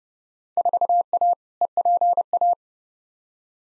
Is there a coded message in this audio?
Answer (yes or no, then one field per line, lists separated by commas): yes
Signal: Morse code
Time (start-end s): 0.6-2.5 s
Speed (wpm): 30 wpm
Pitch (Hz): 700 Hz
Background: none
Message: 4A EPA